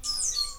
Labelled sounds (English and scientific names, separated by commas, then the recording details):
Stitchbird (Notiomystis cincta) song
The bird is a male
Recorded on Tiritiri Matangi Island, New Zealand, in 2005
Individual 11, of nest box 13